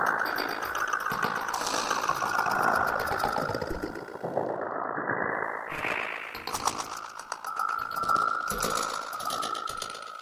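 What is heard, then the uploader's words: Street furniture being struck and rattled produces a dense, continuous metallic clatter of rapid knocks and buzzing vibration. A ringing tone holds steady throughout, dipping briefly around the middle and returning brighter near the end. The clatter stays busy and fairly even in loudness. Enhanced live recordings of street furniture (signposts, gates, fences, bins, etc) made with contact microphones.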